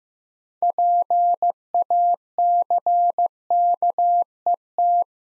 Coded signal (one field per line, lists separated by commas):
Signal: Morse code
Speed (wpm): 15 wpm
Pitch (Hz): 700 Hz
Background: none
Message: PACKET